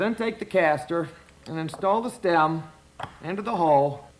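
Someone talks while the plastic stem of a caster wheel is positioned to be pressed into the hole in the caster foot on the tank bottom of a Shop Vac QVP vacuum. No click or snap is heard. Nothing has seated or clicked yet.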